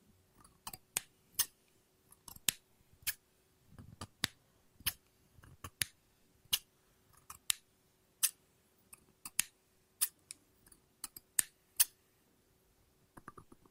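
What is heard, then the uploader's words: Scissors snip through paper in sharp, bright clicks about once or twice a second, with a faint steady low hum underneath. ASMR Scissors No Talking Snips and Cutting Paper.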